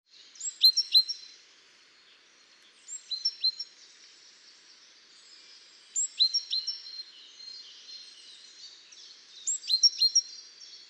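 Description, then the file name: Great tit calls: high, sharp chirps dropping in pitch, given in quick bursts of several notes, each burst about three seconds apart, against an otherwise quiet background. "Parus major"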